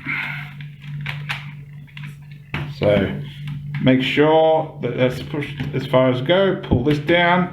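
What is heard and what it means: Plastic tabs on a War For Cybertron Earthrise Sky Lynx transforming toy figure are lined up with their ports and pushed in as far as they go, with soft handling sounds and small clicks early on. A sharp click at 2.5 s marks the tab seating and locking in place, and then someone talks.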